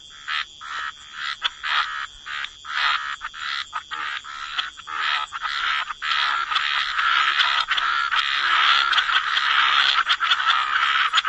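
Chorus of frogs, separate croaking bursts at first that merge into a dense, continuous rasping wall of calls.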